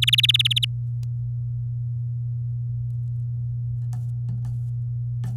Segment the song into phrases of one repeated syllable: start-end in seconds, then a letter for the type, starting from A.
0.02-0.65 A